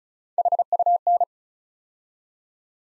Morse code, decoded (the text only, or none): HUN